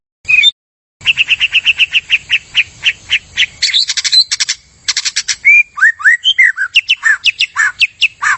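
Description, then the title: White-rumped shama song: a short note, then a long steady series of repeated high chirps, then buzzy notes and swooping whistled phrases. Energetic shama song used as a lure (pikat). "PANCINGAN MURAI BATU GACOR"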